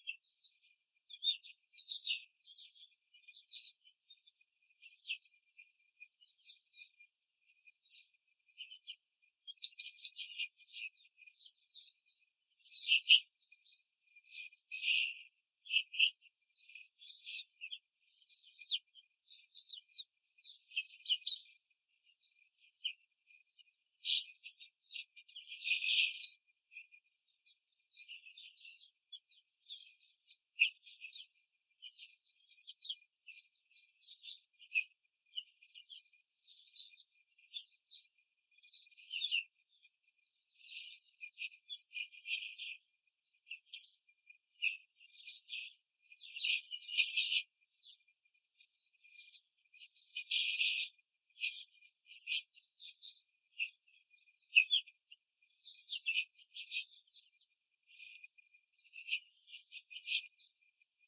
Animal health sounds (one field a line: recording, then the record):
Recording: young laying hens in a cage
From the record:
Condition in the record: control cage, before the stress test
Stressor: none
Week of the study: 4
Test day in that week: 1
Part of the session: 4